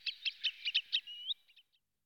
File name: Vodous kropenaty Tringa ochropus